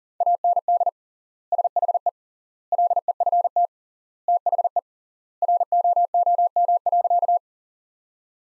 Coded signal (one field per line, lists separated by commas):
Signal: Morse code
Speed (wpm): 40 wpm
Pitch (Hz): 700 Hz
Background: none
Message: AND SHE LEFT THE ROOM.